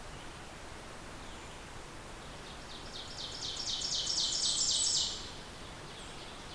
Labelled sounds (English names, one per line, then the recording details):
Ovenbird song
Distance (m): 45 m
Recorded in boreal forest in Alberta, Canada, on 14 June 2016 at 05:40
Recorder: SongMeter 3, array SBT-3-33
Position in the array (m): 124 m, 22 m
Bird 21